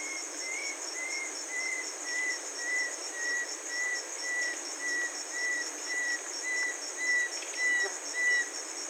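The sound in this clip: Rondônia bushbird giving a long run of short, clear whistled notes, steady in pitch and about two per second, under a continuous shrill insect drone.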